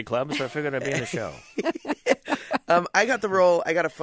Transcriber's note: laughter